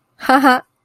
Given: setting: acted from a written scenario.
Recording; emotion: vocal sound without words; amusement